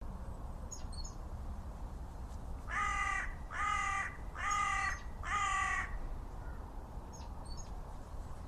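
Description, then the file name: Carrion crow calling, four harsh, hoarse caws in steady succession about a second apart, over a constant low rumble of background noise. "Corvus corone"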